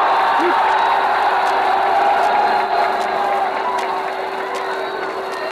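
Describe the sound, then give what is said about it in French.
A dense, roaring crowd of people cheers continuously in a street in Paris under bright sunshine, a broad wash of shouting and whooping voices with scattered sharp cries, holding loud throughout before easing slightly near the end. “Je crois que mieux des paroles, l'enthousiasme de la foule vous donnera une idée exacte de ce que toujours dit l'enthousiasme du peuple de Paris.”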